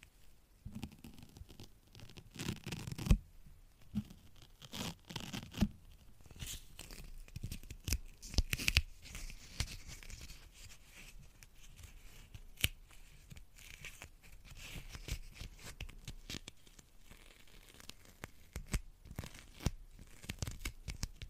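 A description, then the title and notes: Random triggers: a busy run of crackling, tearing and crinkling handling sounds, dense through the whole stretch. Sharp clicks and snaps jump out often, strongest near three and nine seconds, with a softer low rustle underneath and occasional quick scratches. Random Triggers | No Talking | Binaural.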